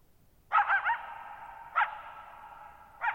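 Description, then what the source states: Coyote barking: a rough, wavering yelping bark, then two more short barks about a second apart, each leaving a long reverberating tail. Lone coyote at night, July 14, 2019, Thirtymile Meadows, Okanogan National Forest, 6400 ft (1950 m); shallow bowl-shaped meadows on a high, dry plateau forming a natural amphitheater.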